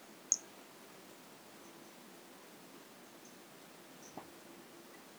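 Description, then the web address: White-lined pumpkin toadlet: a crisp high chirp opens, followed by softer spaced notes over faint hiss, with one low click near the end. Recorded in 2018. "2018 Brachycephalus albolineatus"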